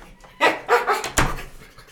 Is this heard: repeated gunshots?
no